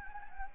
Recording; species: mosquito wingbeat signal from an infrared sensor; Anopheles gambiae